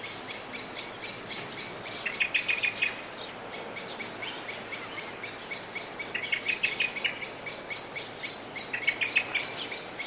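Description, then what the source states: Blackbird alarm notes, repeated hard chinks with a few louder rattling bursts, against steady low background noise. Anxiety call.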